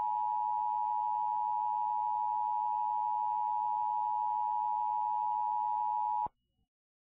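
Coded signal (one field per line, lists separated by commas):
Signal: Emergency Alert System (SAME) tones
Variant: 853 and 960 Hz attention tone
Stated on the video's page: Mock EAS alert tones.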